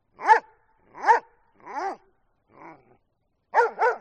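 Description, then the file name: Doberman barking, several harsh barks, one softer, the last two coming in a quick double. "audio hero Dog Doberman"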